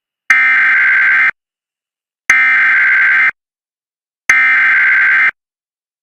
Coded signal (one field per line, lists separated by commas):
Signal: Emergency Alert System (SAME) tones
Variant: header bursts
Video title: US Emergency Alert Systems 2026 (part 6)